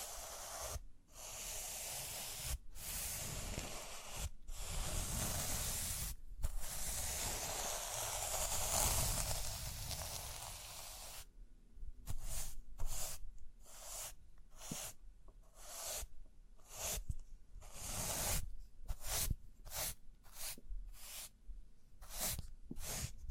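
Rhinestone brushing and scratching produces dense, bright hissing strokes broken by short gaps, becoming quicker, choppier bursts after about eleven seconds.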